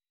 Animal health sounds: hydrophone in a shrimp aquaculture tank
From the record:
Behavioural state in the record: weakened

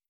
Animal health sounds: hydrophone in a shrimp aquaculture tank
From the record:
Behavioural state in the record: stressed

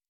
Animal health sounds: hydrophone in a shrimp aquaculture tank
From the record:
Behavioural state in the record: normal

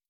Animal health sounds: hydrophone in a shrimp aquaculture tank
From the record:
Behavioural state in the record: starved

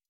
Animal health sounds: hydrophone in a shrimp aquaculture tank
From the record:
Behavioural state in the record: stressed

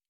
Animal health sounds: hydrophone in a shrimp aquaculture tank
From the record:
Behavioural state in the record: normal

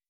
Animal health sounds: hydrophone in a shrimp aquaculture tank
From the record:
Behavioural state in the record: weakened

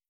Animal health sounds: hydrophone in a shrimp aquaculture tank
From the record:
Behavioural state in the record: starved

